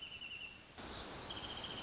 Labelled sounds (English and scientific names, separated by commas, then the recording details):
Wrentit (Chamaea fasciata)
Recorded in Sonoma County, California